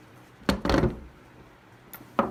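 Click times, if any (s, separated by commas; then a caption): 0.5 s, 2.2 s. A polymer Picatinny rail cover is pushed onto the rail of a rifle stock until it clicks into place. A sharp click at 0.5 s is followed by a short burst of scraping and rattling. A second loud click at 2.2 s seats the cover.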